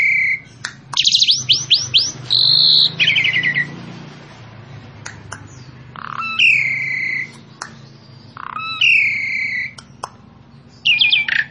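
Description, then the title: Asian pied starling song, a varied run of whistled notes, rapid chirp series and harsh buzzy phrases with short pauses, over a low steady hum. Master recording for training captive birds. "Masteran Ampuh Jalak Suren"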